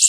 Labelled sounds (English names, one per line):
Wilson's Warbler flight call